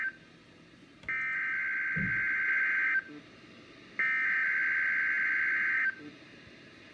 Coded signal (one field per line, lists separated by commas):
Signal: Emergency Alert System (SAME) tones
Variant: header bursts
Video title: I’M BACK TO CATCHING WEEKLIES EAS Tests From 6/2/21 (EAS #630-635)